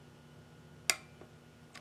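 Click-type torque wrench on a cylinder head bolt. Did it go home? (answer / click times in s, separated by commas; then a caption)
yes / 0.9 s. A click-type torque wrench set to 25 ft-lb tightens cylinder head bolts one and two on a Subaru EJ 2.5 boxer engine (1990–1999) during a head gasket install. A sharp click sounds at 0.9 s as the wrench breaks over, followed by a fainter tick near 1.8 s. The bolt reaches its 25 ft-lb torque.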